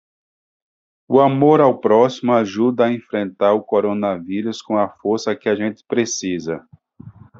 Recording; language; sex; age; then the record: spoken sentence; Brazilian Portuguese; male; 50 to 59 years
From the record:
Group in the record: control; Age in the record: 51 years